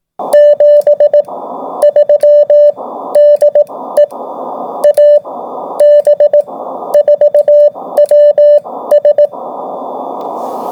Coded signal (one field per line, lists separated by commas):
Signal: Morse code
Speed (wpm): 18 wpm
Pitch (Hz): 590 Hz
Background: none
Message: 73 DE AB4WS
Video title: AB4WS RADIO SHOW 2026 05 01